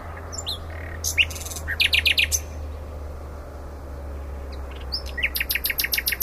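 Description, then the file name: Common nightingale song with chattering notes and quick repeated sharp notes over a steady low engine-like hum. "Luscinia megarhynchos"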